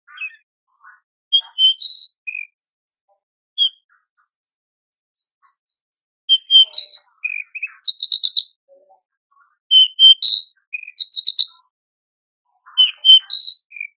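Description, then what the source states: Horsfield's bush lark song in bursts of high chirps and rapid buzzy trills, separated by brief quiet spells and softer scattered notes. Masteran tutor recording for training caged birds; described as super gacor, singing persistently.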